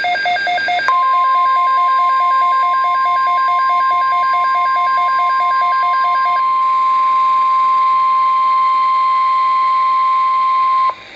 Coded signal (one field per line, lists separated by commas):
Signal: Emergency Alert System (SAME) tones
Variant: 1050 Hz attention tone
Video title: Tornado Watch (EAS#388)